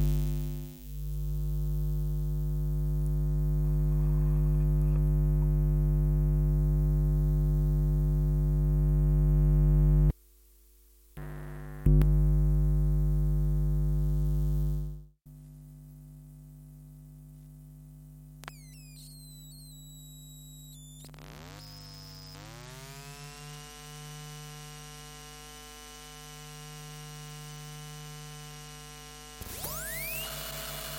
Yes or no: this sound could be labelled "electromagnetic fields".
yes